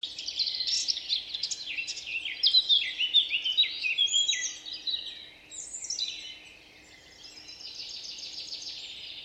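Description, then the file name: Eurasian blackcap song: a rapid, varied warble of chattering and whistled notes for about six seconds, then softer, scratchier phrases, with a faint steady hum beneath. "Sylvia atricapilla"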